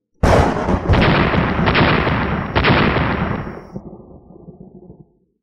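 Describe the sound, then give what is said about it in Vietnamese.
A loud burst of booming explosions erupts suddenly, with a few sharper blasts punching through a continuous rumbling roar that slowly fades out over several seconds, as lightning spears shatter one after another against a dense barrage of staff strikes. No voices. “Âm thanh đi đùng vang lên liên tiếp, lôi kích với khí thế hung hãn đồng loạt vỡ vụn giữa côn ảnh, hóa thành điện mang màu lam lập lòe dần dần tiêu tán.”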